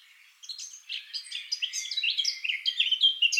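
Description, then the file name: Eurasian blackcap song, a fast varied warble of high chirps and short whistles that grows steadily louder toward the end, nothing else heard. "Sylvia atricapilla"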